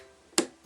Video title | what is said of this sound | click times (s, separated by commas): Cricut Maker Dollhouse Miniatures Bitesize Tutorial Series - Room Box Part Two | hear it definitely click and then you close the clamp over and | 0.4 s